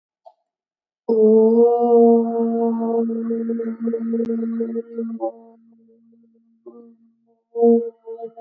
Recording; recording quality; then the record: sustained vowel as in boot; moderate, slight background noise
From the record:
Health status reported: exposed to COVID-19, no respiratory illness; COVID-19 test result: negative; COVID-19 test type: RT-PCR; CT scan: not taken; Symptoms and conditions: sore throat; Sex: female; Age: 22 years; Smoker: no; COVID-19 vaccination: one dose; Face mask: not worn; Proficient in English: yes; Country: India